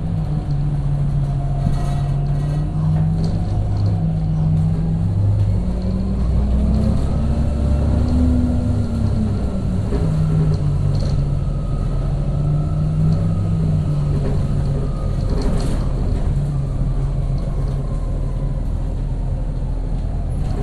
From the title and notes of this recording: B103 Bus with Bad Struts. Recorded by Dan Bodah in Brooklyn.